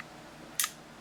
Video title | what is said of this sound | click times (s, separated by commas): Glock Function Check and Troubleshoot | You heard it snap back into place. It's good to go. | 0.6 s